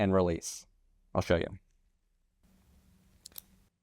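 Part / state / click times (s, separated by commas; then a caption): activation button on a shoulder-worn blood collection device / seated / 3.3 s. Someone talks, then after a pause with a low hum, two fingers press firmly on the red plastic activation button of an at-home blood collection device worn on the shoulder. It gives a sharp click at 3.3 s, followed by a second tick at 3.4 s. The audible click shows the device has activated and is working.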